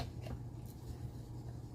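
A safety can opener is run around the lid of a can of mushroom soup, and a low rumble is heard with faint scraping and rustling. Nothing clicks, and the can has not opened.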